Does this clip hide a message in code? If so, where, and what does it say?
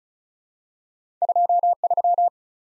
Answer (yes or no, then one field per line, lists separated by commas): yes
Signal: Morse code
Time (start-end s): 1.2-2.3 s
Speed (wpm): 36 wpm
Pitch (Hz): 700 Hz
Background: none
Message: 23